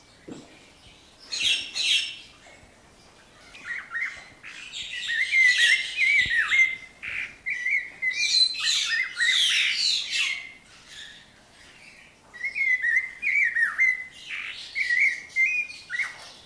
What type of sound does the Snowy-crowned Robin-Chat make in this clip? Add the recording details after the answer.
song. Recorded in captivity. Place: Zoo Berlin, Berlin, DE. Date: 1997-01-05 11:26. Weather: heiter, -11°C. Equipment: Nagra SN, Kopie Uher 4000 Report Monitor. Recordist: Tembrock, Günter